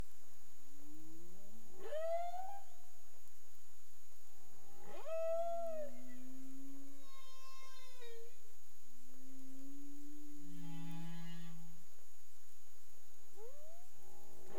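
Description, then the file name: Humpback whale song units: sweeping upward whoops and low drawn-out moans with rich harmonics, several units in succession, over a steady faint high tone. Made 30 April 2035 at 05:29 UTC. "CARIMAM. humpback whale 20350430 052931 UTC"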